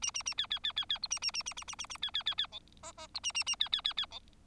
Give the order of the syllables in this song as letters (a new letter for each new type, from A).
A A A B B B B B C A A A A A A A A B B B B D E E C A A A B B B B D